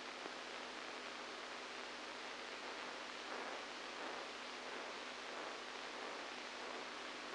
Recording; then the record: brain microelectrode recording played as sound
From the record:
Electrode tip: outside the subthalamic nucleus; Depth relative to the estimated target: -6 mm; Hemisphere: right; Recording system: NeuroSet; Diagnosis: Parkinson's disease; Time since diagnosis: 7 years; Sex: male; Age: 69 years